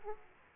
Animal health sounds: mosquito wingbeat signal from an infrared sensor; Aedes aegypti

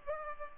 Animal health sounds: mosquito wingbeat signal from an infrared sensor; Culex pipiens

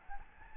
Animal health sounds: mosquito wingbeat signal from an infrared sensor; Aedes albopictus

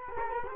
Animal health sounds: mosquito wingbeat signal from an infrared sensor; Culex quinquefasciatus

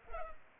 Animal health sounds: mosquito wingbeat signal from an infrared sensor; Culex pipiens

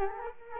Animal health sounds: mosquito wingbeat signal from an infrared sensor; Culex quinquefasciatus

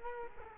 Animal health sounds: mosquito wingbeat signal from an infrared sensor; Culex quinquefasciatus

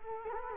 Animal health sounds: mosquito wingbeat signal from an infrared sensor; Culex quinquefasciatus

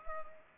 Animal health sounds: mosquito wingbeat signal from an infrared sensor; Culex pipiens

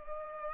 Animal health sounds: mosquito wingbeat signal from an infrared sensor; Culex pipiens

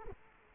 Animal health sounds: mosquito wingbeat signal from an infrared sensor; Culex quinquefasciatus

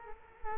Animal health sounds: mosquito wingbeat signal from an infrared sensor; Culex quinquefasciatus

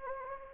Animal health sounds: mosquito wingbeat signal from an infrared sensor; Anopheles gambiae

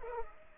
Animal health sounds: mosquito wingbeat signal from an infrared sensor; Culex pipiens

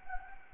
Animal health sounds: mosquito wingbeat signal from an infrared sensor; Anopheles gambiae

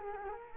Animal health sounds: mosquito wingbeat signal from an infrared sensor; Culex quinquefasciatus

